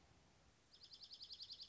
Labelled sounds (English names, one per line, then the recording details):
Dark-eyed Junco
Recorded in Sonoma County, California